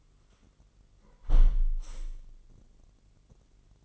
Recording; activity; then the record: daily activity, microphone in the room; close window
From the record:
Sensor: 4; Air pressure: 999.4 hPa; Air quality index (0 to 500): 134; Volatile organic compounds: 3 ppm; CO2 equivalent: 1328 ppm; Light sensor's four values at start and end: 20/48/20/22 and 19/48/20/22